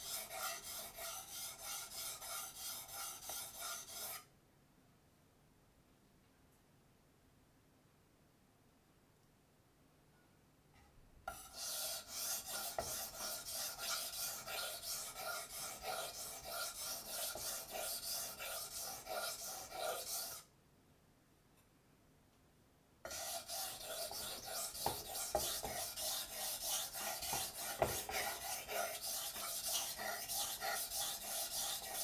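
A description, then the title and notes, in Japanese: A kitchen knife is sharpened on a stone in long grinding bursts: steady, dense, rasping strokes from 0 to 4 seconds, 11 to 20 seconds, and 23 seconds to the end. Between bursts there are near-silent pauses, the second one short, and the rasp is bright and hissy throughout. 環境音 久しぶりの包丁研ぎ。3本研いで少し疲れました。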